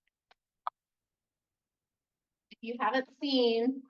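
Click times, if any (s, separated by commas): 0.7 s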